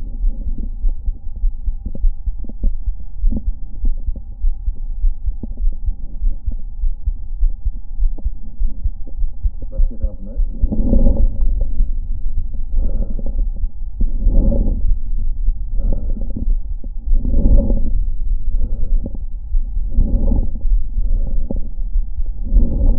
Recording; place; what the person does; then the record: lung sounds by stethoscope; right anterior apical chest; quiet breathing, then deep breathing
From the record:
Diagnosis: interstitial lung disease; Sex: female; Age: 70 years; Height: 160 cm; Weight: 93 kg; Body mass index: 36.3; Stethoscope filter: diaphragm mode